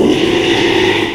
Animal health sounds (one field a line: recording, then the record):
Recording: squeal of a Yucatan mini pig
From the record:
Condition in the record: after surgery on the right vocal fold (resection and tissue-engineered implant)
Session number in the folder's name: 1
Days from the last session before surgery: 6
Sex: male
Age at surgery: 12 weeks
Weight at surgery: 13 kg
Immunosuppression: cyclosporine, prednisolone